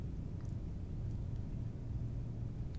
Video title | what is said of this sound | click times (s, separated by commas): Beading Basics - Beading 101 | let's listen for this snap and I didn't hear it so I'm gonna reopen it | none